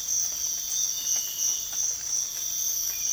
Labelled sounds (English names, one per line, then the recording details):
none
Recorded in dense forest near Puerto Asís, Putumayo, Colombia, on 22 December 2024 at 05:00
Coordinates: 0.484, -76.325
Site G056